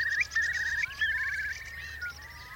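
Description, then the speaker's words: Eurasian Curlew song, a brief stretch of whistled trilling with faint rising notes beneath. "we're going to play you out with a little bit of Curlew song just to get you in the mood."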